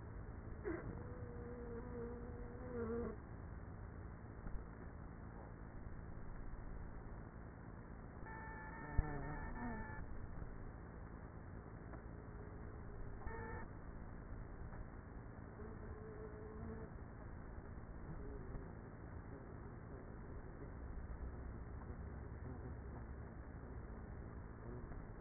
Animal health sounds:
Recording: honeybee colony, microphone inside the hive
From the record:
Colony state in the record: queenless with a low population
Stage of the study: after two queens were removed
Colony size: about 30,000 bees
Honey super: no

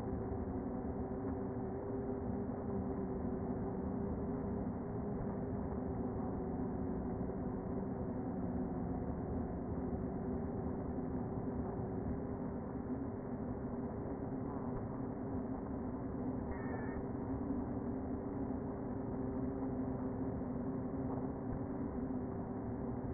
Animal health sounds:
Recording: honeybee colony, microphone inside the hive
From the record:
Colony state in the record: queen present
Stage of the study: before two queens were removed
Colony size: about 60,000 bees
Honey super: yes

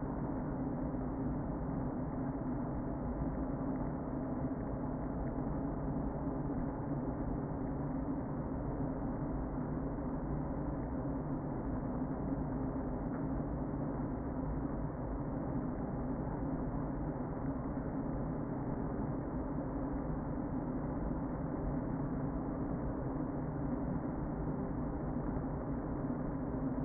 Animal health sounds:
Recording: honeybee colony, microphone inside the hive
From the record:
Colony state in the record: queen present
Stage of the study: before two queens were removed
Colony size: about 60,000 bees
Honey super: yes

